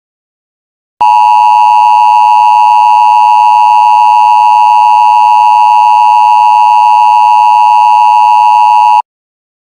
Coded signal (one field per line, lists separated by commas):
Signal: Emergency Alert System (SAME) tones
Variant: 853 and 960 Hz attention tone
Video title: EAS Chemical Hazard Warning (FAKE!) (READ DESC.)